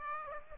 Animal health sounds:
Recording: mosquito wingbeat signal from an infrared sensor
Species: Aedes aegypti

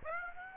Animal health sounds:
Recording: mosquito wingbeat signal from an infrared sensor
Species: Aedes aegypti

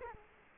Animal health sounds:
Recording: mosquito wingbeat signal from an infrared sensor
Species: Culex quinquefasciatus

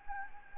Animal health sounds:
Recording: mosquito wingbeat signal from an infrared sensor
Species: Anopheles gambiae

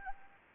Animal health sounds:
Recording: mosquito wingbeat signal from an infrared sensor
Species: Anopheles arabiensis

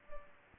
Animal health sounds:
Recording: mosquito wingbeat signal from an infrared sensor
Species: Culex pipiens

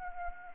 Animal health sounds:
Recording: mosquito wingbeat signal from an infrared sensor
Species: Anopheles arabiensis

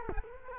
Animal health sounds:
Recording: mosquito wingbeat signal from an infrared sensor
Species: Culex quinquefasciatus

